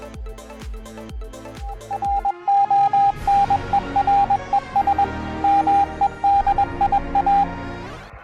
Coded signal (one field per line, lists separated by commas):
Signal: Morse code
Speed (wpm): 21 wpm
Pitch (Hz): 800 Hz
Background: music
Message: RONERES MEDIA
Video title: RODA CATALANA DELS 160 M RADIOAFICIONATS